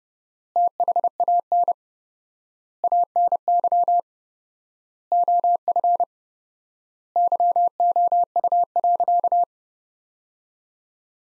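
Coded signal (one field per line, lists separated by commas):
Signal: Morse code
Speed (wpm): 28 wpm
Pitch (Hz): 700 Hz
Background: none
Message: THAN ANY OF YOU.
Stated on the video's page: Practice Morse at 30wpm, sentences from the top 400 words sent with 4x standard word spacing.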